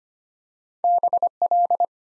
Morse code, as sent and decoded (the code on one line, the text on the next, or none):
-... .-..
BL